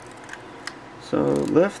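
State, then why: Not seated. A plastic panel that is not fully in on a Transformers Revenge of the Fallen Human Alliance Bumblebee transforming toy car is lifted during the change back to car mode. Two faint plastic ticks are heard near 0.3 s and 0.7 s, then someone talks from about 1.1 s to the end. Nothing has seated or clicked yet.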